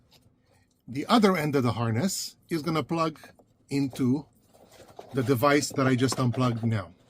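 Someone talks while handling the plastic connector of a FitCamX 4K dash cam wiring harness, getting ready to plug it into the car's existing device plug. Nothing has seated or clicked yet; the connector is not yet home when the clip ends.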